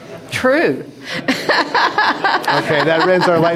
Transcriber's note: laugh